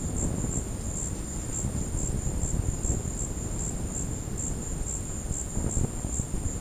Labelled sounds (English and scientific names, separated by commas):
none